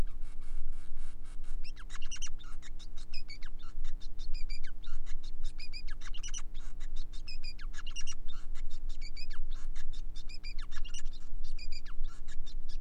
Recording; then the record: song of a male Bengalese finch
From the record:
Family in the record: son of father 5